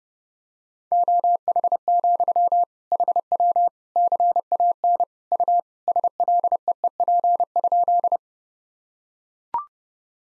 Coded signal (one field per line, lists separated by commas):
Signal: Morse code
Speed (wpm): 30 wpm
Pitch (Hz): 700 Hz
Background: none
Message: OH, HW CAN U SLEEP?